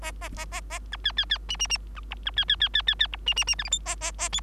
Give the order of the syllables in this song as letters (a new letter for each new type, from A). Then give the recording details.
A A A A A B C C C D D D B E B C C C C C C E D D D F G H A A A I. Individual Bird3